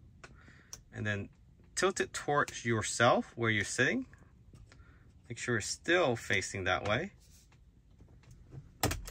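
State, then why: Released. Someone talks while a flathead screwdriver is placed in the hole at the back of a Tesla Model Y/3 Refresh yoke steering wheel and tilted toward the driver's seat. At 8.8 s the spring clip holding the airbag/horn module on that side pops loose with a sharp click, releasing the module on one side.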